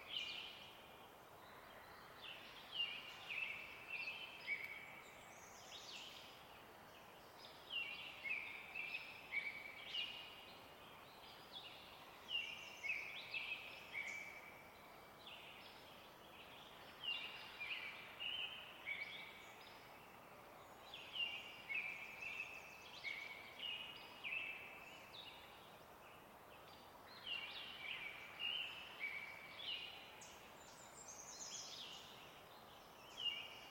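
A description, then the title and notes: Distant water wash fills the morning air with a steady, even hiss. Over it, birds sing in bright, chattering bursts every few seconds, with brief quiet gaps between songs throughout. Morning At Trout Creek Campground. I arrived early in the morning of the 12th of May and set up near a still-water riparian area. This being the Cascade Mountains range, there was plenty of distant water wash everywhere, from small rivers and streams to snowmelt runoff. The non-riparian portion of the forest here was filled with typical Cascades’ evergreens such as Douglas Fir, Spruce, and the like.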